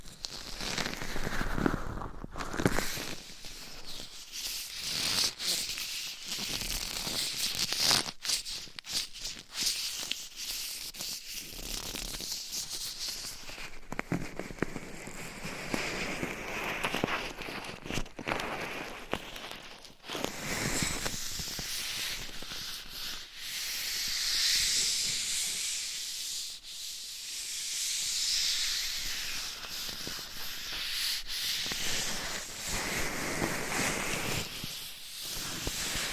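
Scratching, tapping and rubbing on various items, with fingernails dragging in a steady, dense texture of bright hissy scrapes. Sharp taps and clicks break in irregularly throughout. Around twenty seconds the sound shifts to softer, smoother swirling rubs with fewer clicks.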